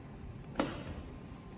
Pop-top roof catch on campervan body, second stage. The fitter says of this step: to activate the second stage or the second click and I'm going to show you a quick clip of that happening now